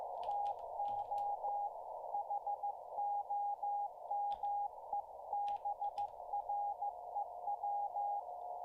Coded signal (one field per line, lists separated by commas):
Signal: Morse code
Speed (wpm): 15 wpm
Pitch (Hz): 820 Hz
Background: radio noise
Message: TO HOMEBREW